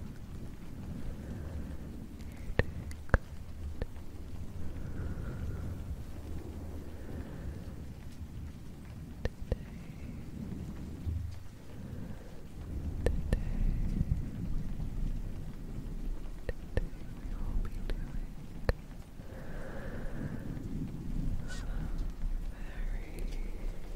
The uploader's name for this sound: face brushing, fluffy mic, rain